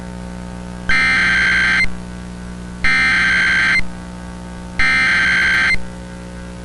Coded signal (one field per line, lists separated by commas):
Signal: Emergency Alert System (SAME) tones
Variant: header bursts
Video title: EAS Scenario - Escalation (18)